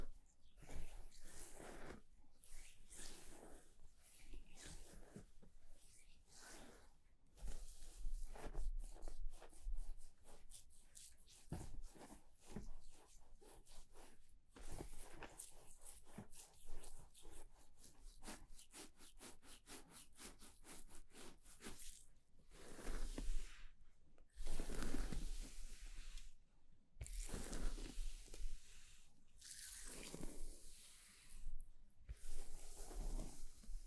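Haircut and grooming sounds: dense scratchy rubbing and brushing strokes repeat irregularly throughout, with brief quiet gaps and louder bursts near the end.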